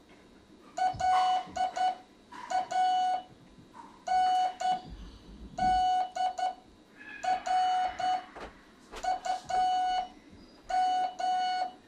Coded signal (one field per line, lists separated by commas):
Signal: Morse code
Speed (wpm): 10 wpm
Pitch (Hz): 740 Hz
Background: none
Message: LANDRUM